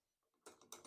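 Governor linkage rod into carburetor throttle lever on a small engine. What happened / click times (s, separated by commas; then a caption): The linkage is being handled and has not yet clicked home / none. An S-shaped metal wire governor linkage rod is being slid into the plastic carburetor mount on the throttle lever of a Briggs and Stratton 450E engine on a Poulan Pro 20-inch push mower. Faint scrapes give way to a series of sharp small mechanical clicks and rattles around 0.5, 0.6, 0.7 and 0.9 seconds. The rod is still being handled, and nothing has seated or clicked into place yet.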